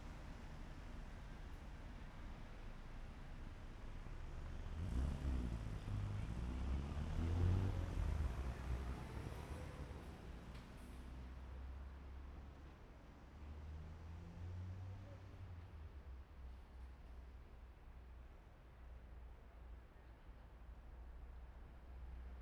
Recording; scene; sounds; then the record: everyday scene through a hearing-aid microphone; in traffic; traffic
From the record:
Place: main city hub, rush hour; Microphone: behind the ear, right, front